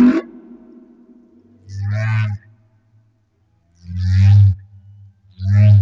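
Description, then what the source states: Humpback whale song made of deep, resonant low moans repeated in three pulses, each topped by fainter higher harmonics. Madagascar.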